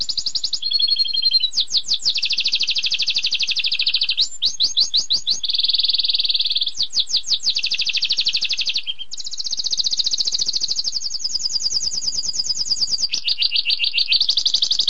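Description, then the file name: Canary singing a long continuous song of rapid rolled trills, chopped rattling phrases and sweeping notes, changing tours every few seconds with only brief breaks. Canary song used as training audio for magpie robins and leafbirds. "kenari untuk kacer murai cucak hijau omkicau com"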